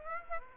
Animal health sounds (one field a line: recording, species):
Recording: mosquito wingbeat signal from an infrared sensor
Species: Aedes aegypti